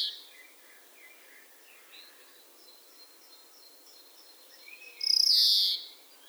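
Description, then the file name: European greenfinch call: one loud, rough, nasal buzzy note lasting under a second near the end. "Chloris chloris"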